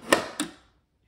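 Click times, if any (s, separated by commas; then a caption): 0.1 s. A plastic lid is pressed onto the bowl of a Cuisinart ICE 100 ice cream maker after some fiddling with the fussy lid, and it snaps into place with a sharp click at 0.1 s. A second, slightly quieter click follows at 0.4 s, and a faint tick comes near the end as the lid sits locked.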